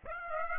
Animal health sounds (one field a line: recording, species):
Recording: mosquito wingbeat signal from an infrared sensor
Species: Aedes aegypti